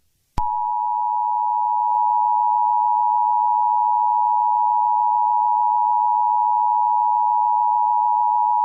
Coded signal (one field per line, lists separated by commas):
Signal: Emergency Alert System (SAME) tones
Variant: 853 and 960 Hz attention tone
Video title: EAS Scenario #25: Mickey Error IV The Next Chapter